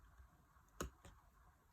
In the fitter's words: once you H once you hear the click sound it's done you don't have to press hard